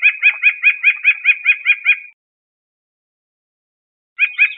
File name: CR WBNU 2 050501